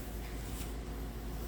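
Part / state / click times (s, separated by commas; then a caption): locking clip on air filter housing lid / not seated / none. A plastic locking clip on the air filter housing lid of a 2005–2012 Toyota Avalon is handled during a valve cover gasket replacement, with a steady broadband hiss and faint handling noise throughout. Nothing has seated or clicked yet, and the clip ends just before it snaps home.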